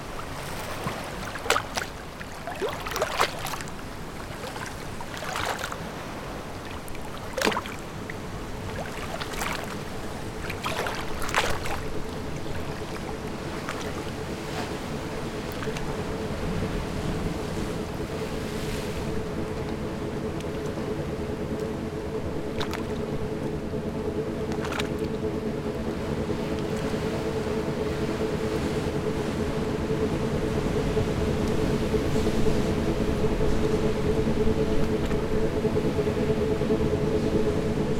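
A watery seaside soundscape. Sharp knocks and splashes come close together during the first twelve seconds, then thin out as a steady, dense low rumble, like a boat engine, takes over and holds to the end with a faint whine above it.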